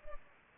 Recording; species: mosquito wingbeat signal from an infrared sensor; Culex pipiens